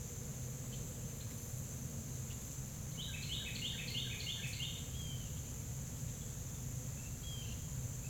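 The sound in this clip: Carolina wren song, a rapid series of repeated bright two-part phrases lasting under two seconds, over a constant low hum and high hiss.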